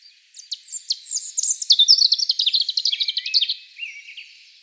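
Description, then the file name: European robin song: a rapid tumbling phrase of high thin notes and trills, starting very high and sliding lower, ending in softer falling whistles. "Erithacus rubecula"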